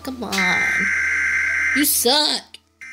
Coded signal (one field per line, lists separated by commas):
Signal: Emergency Alert System (SAME) tones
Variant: header bursts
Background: speech